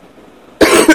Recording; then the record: coughing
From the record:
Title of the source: 31 night wet cough